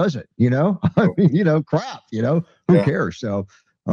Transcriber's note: laughs